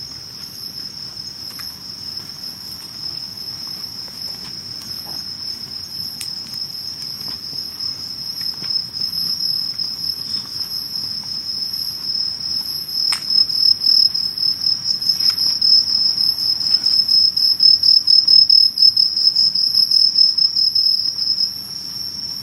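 Insects chirr without pause on a summer night walk, a dense, shrill, steady trill sitting high with a fainter, even higher shimmer above it. The chorus swells through the middle, peaking near eighteen seconds, over a soft low rumble and occasional faint ticks.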